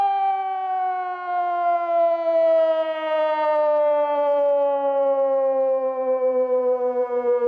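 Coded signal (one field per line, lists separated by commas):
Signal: siren signal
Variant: German Feueralarm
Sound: one loud steady electronic siren tone, harsh and buzzy, held without break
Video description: Monatliche Sirenenprobe in der Gemeinde Windeck am 1. Samstag im Monat um 11.00 Uhr mit dem Signal "Feueralarm".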